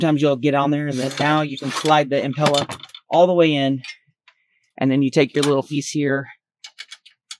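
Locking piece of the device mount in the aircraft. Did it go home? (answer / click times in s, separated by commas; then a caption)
yes / 6.7 s, 6.8 s, 6.9 s, 7.1 s, 7.3 s. Someone talks while an Impella is slid all the way into its mount in an aircraft. A small locking piece on the mount is then engaged, locking the same way a ventilator mount does, and it ratchets closed with a quick series of ticking clicks at 6.7, 6.8, 6.9, 7.1 and 7.3 seconds. The piece is seated and locked.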